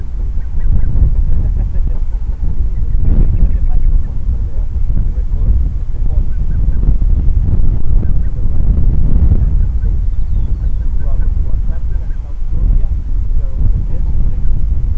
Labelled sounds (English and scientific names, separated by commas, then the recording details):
Gentoo Penguin (Pygoscelis papua)
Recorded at the colony at Isla Martillo, on 8 December 2015
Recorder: Song Meter SM2+